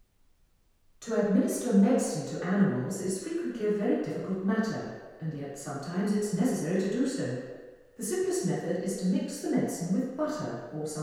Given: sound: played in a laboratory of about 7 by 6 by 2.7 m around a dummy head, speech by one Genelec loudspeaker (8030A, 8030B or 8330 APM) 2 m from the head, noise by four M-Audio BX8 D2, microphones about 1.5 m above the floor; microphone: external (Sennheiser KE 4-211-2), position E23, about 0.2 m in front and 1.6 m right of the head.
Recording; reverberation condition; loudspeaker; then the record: female speech in English; high; 150 degrees to the left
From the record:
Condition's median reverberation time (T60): about 1300 ms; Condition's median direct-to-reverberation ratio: about -4.0 dB